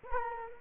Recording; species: mosquito wingbeat signal from an infrared sensor; Culex quinquefasciatus